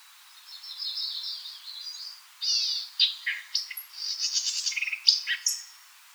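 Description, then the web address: White-eyed vireo song, a buzzy opening then a busy string of sharp chips and slurred whistles. Recorded 4 January 2007. "White-eyed Vireo 2007 01 04 White-eyed Vireo"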